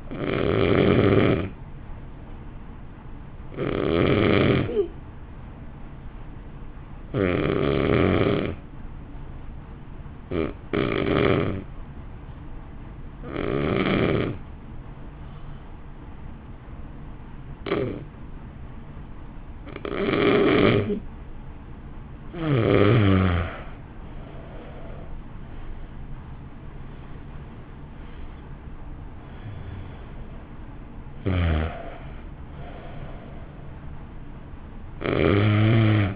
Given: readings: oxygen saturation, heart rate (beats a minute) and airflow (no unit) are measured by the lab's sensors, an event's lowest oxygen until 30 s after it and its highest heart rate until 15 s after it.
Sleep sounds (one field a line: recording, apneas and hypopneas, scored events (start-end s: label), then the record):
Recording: breathing in sleep by a smartphone at the bedside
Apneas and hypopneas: 1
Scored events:
5.00-31.70 s: hypopnea (N2, oxygen 94% highest, then 87% lowest, heart rate 50 at the start, 64 highest)
33.00-36.16 s: new sleep stage, N1 (lightest sleep)
From the record:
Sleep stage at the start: N2 (light sleep)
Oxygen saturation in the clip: 88 to 94%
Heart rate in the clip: 50 to 64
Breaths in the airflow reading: 15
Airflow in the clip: -1.3 to 1.9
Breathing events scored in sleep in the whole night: 328 in 6.3 hours asleep